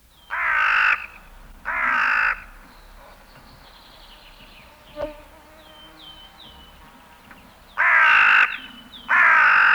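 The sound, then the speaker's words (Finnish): A hooded crow gives four loud, harsh caws in two pairs separated by a long pause, with faint high bird chirps and a soft insect-like drone in the quiet gap. “Varis raakkuu muutamia kertoja peräkkäin.”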